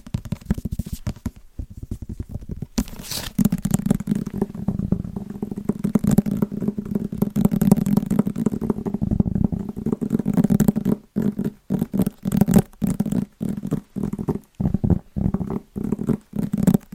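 Fast tapping on wrapped Christmas presents. A dense, low, papery drumming runs nearly continuously through the first ten seconds, then breaks into quick rhythmic bursts separated by brief silences. Occasional crisp crinkles cut through near the start.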